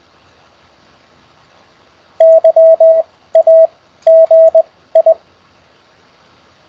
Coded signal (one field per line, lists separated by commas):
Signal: Morse code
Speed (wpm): 20 wpm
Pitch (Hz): 650 Hz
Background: radio noise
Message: YAGI